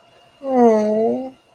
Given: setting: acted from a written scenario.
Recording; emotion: vocal sound without words; sympathy